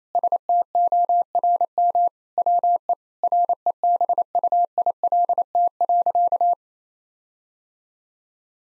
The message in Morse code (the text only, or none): STORM WE REBUILT.